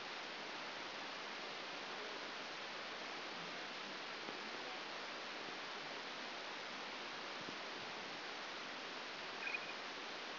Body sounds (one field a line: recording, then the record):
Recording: brain microelectrode recording played as sound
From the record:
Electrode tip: outside the subthalamic nucleus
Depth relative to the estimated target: -3 mm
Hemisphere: left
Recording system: AlphaMap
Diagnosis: Parkinson's disease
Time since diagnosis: 9 years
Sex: male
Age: 68 years